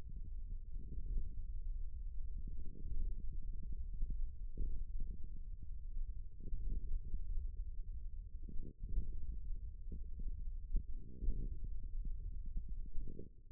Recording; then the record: forearm muscle sounds (acoustic myography)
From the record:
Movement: hand opening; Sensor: system 1, eight BSWA MPA416 microphones around the upper forearm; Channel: 7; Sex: male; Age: 41 years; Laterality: right